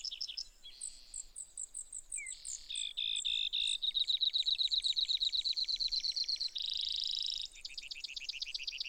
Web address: songs Brewer's Sparrow